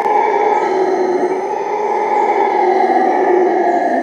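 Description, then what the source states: Howler monkey roaring steadily for a few seconds, a continuous rough, throaty drone with little change in pitch. Howling at midnight.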